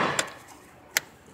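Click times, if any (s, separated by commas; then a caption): 1.0 s. An electrical connector clip is pushed onto the throttle body sensor of a 2006 Ford Focus. A sharp, loud click comes at 1.0 s, with a fainter tap at 0.2 s. The connector is seated and properly connected.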